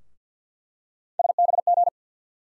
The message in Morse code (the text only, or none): SBG